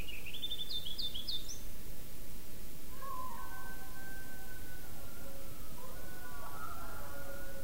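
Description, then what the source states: Coyote howls: long, steady and slightly wavering tones begin midway and overlap into a small chorus, after a quick high bird twitter near the start over constant background hiss. Coyotes yelling; 5 May 2016.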